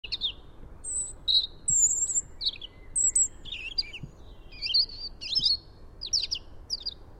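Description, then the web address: European robin pouring out a varied string of thin high whistles, twittering notes and short trills, with short pauses between phrases. "SETE data Erithacus rubecula"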